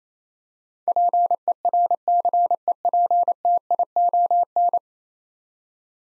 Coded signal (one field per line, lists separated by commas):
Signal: Morse code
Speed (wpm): 28 wpm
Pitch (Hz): 700 Hz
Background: none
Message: PERCEPTION